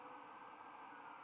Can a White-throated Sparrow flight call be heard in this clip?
no